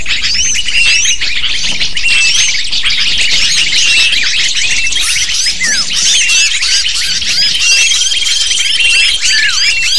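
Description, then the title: Lovebirds calling, a thick mass of sharp, squeaky chirps and twitters, with a thin sustained whistle near the end. Used as a lure to attract lovebirds. "PIKAT BURUNG LOVEBIRD"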